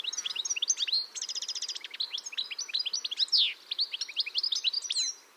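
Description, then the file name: European goldfinch giving a continuous run of bright, liquid chirps, trills and a buzzy downslurred note, with a steady hiss behind. "Carduelis carduelis"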